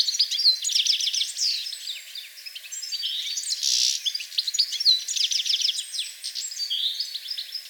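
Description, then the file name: European goldfinch twittering: rapid high chirps and buzzy phrases with a brief noisy burst midway, then more tinkling notes continuing. "Carduelis carduelis"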